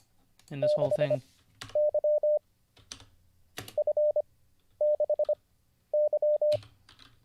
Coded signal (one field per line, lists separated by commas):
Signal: Morse code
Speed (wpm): 25 wpm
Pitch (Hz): 600 Hz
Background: speech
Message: 6Y F6Y